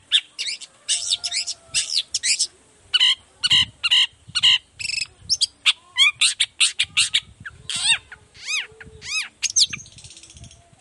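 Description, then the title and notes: Long-tailed shrike song mixing harsh grating notes with whistles and arching sweeps, fast and varied throughout. Energetic morning song with varied 'toet toet' notes, used as a lure to prompt other shrikes of any kind to reply quickly and open their beaks. "Cendet Gacor Dor Di Kala Pagi Toet Toet Variasi Suara. Cendet Gacor Efektif Pancingan Buat Cendet Jenis Apapun Agar Cepat Nyaut Buka Paruh. Burung cendet"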